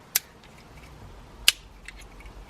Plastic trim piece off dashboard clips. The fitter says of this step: should just pop off like that so